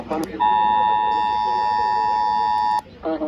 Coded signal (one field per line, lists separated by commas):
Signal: Emergency Alert System (SAME) tones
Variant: 853 and 960 Hz attention tone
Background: speech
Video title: EAS #1860-1868 Severe Thunderstorm Warning on NWR, FM and WGN 9-2